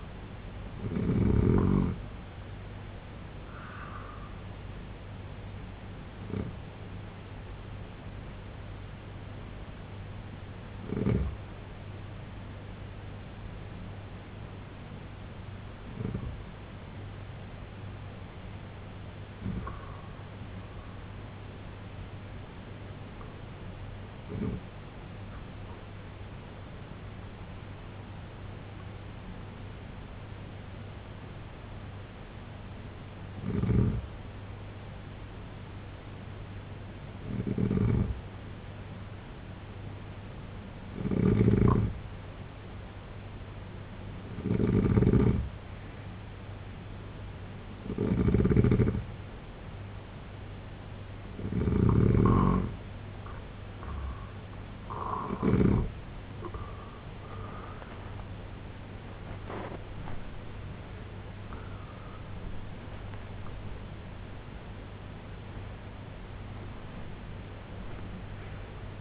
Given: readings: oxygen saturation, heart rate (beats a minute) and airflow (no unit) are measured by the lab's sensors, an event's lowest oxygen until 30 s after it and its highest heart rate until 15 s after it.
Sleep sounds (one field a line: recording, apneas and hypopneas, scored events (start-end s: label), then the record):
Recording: breathing in sleep by a voice recorder at the bedside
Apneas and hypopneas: 1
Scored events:
6.00-41.70 s: hypopnea (N2, oxygen 95% highest, then 88% lowest, heart rate 68 at the start, 81 highest)
From the record:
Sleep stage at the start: N2 (light sleep)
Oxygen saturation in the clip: 84 to 95%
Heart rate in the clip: 60 to 97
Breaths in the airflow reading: 15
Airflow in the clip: -10.6 to 11.8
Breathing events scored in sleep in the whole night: 258 in 7.4 hours asleep